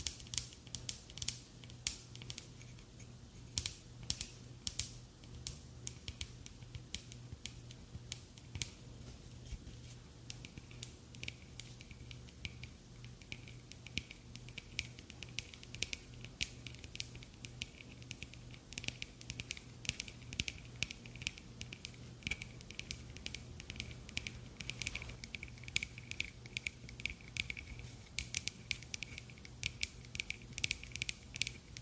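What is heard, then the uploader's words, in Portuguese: Quick, irregular tapping clicks pepper the whole stretch, bright, over a steady low hum. ASMR com MUITO TAPPING! (No Talking). Sons de tapping.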